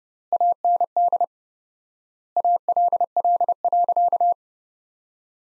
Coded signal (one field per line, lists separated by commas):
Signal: Morse code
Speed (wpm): 30 wpm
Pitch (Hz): 700 Hz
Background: none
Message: AND ALL.